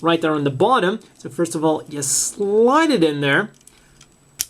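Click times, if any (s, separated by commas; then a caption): 4.4 s. A plastic action-base connector is slid onto an internal peg on the bottom of a 1/100 RE/100 Efreet Custom model kit while someone talks. After the talking stops, there is a faint tick at 4.0 seconds, then a sharp click at 4.4 seconds as the connector seats securely into place.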